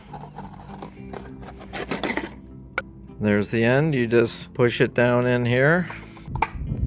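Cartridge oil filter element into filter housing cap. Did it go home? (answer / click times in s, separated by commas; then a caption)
yes / 6.4 s. A new cartridge oil filter element is pushed down by hand into the plastic filter housing cap of a 2015–2022 GMC Canyon/Chevrolet Colorado during an oil change while someone talks, with light handling taps and rustles along the way. The end of the element snaps into the cap with a sharp click at 6.4 s, and the element is seated.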